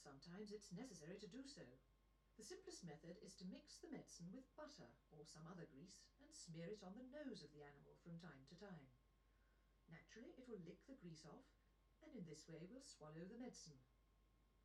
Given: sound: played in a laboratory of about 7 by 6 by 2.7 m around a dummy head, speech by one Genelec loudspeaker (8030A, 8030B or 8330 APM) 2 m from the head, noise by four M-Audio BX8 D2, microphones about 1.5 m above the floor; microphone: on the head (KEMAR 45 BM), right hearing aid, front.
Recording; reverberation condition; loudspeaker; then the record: female speech in English; low; 150 degrees to the left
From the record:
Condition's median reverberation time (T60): about 310 ms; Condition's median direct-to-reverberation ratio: about 3.5 dB